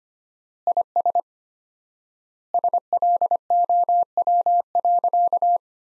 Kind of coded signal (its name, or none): Morse code